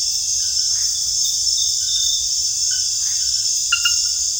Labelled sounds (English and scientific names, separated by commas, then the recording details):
none
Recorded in secondary vegetation near Puerto Asís, Putumayo, Colombia, on 22 June 2025 at 19:30
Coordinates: 0.498, -76.327
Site GP09